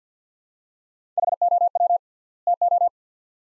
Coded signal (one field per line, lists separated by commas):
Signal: Morse code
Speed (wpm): 49 wpm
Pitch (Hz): 700 Hz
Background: none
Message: HOW TO